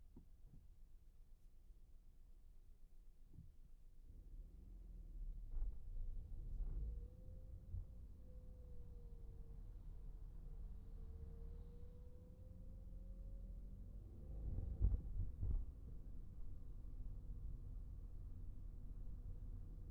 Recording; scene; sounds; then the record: everyday scene through a hearing-aid microphone; in a vehicle; engine, traffic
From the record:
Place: Skoda Fabia, gasoline engine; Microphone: behind the ear, right, rear